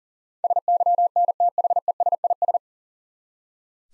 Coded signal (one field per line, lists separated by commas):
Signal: Morse code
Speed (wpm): 40 wpm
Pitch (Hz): 700 Hz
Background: none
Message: SYNTHESIS